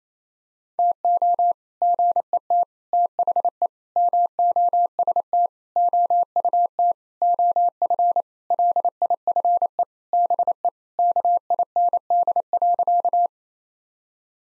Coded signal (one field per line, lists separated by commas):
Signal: Morse code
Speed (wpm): 28 wpm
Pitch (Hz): 700 Hz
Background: none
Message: TO GET THE MOST OUT OF LIFE BE KIND.